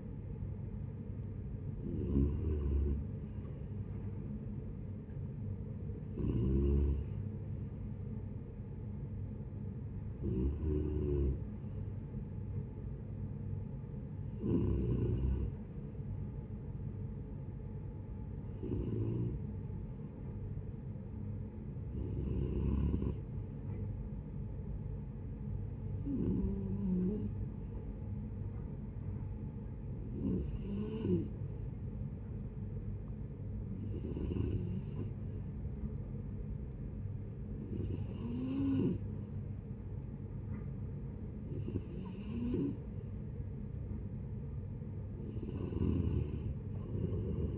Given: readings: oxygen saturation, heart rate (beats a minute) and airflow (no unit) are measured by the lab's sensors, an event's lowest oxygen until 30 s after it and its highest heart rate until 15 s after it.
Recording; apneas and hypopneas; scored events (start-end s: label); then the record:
breathing in sleep by a smartphone at the bedside; 1
11.00-41.00 s: new sleep stage, N2 (light sleep)
21.00-39.90 s: hypopnea (N2, oxygen 96% highest, then 92% lowest, heart rate 76 at the start, 78 highest)
41.00-47.58 s: new sleep stage, N3 (deep sleep)
From the record:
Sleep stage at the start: N1 (lightest sleep); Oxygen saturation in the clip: 86 to 96%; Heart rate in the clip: 72 to 79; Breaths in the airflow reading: 12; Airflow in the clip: -10.3 to 9.7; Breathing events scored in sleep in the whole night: 496 in 5.4 hours asleep